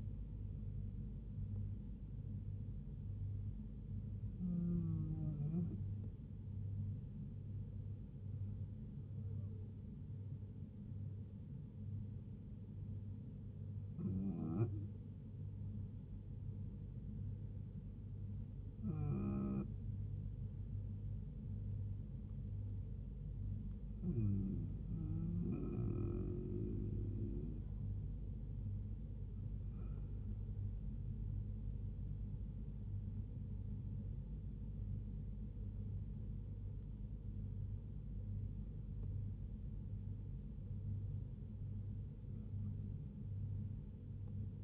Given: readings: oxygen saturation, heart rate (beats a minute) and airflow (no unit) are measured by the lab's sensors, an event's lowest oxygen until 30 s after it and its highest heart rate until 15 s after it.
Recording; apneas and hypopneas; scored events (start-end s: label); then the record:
breathing in sleep by a smartphone at the bedside; 1
3.00-31.00 s: hypopnea (N2, oxygen 96% highest, then 94% lowest, heart rate 72 at the start, 79 highest)
From the record:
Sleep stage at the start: N2 (light sleep); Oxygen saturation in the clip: 94 to 96%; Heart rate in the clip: 70 to 79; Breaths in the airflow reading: 10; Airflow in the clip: -5.7 to 5.9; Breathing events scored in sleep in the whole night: 158 in 7.3 hours asleep